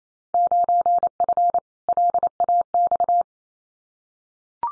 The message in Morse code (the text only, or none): 9F LAX